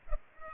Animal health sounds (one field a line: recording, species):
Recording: mosquito wingbeat signal from an infrared sensor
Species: Culex pipiens